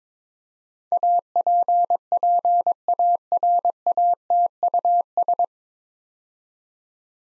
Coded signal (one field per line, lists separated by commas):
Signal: Morse code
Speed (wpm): 21 wpm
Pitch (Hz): 700 Hz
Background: none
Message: APPARATUS